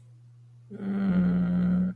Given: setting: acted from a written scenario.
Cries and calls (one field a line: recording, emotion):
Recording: vocal sound without words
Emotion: sympathy